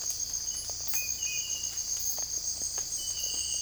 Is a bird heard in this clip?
no